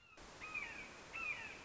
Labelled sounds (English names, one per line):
Red-shouldered Hawk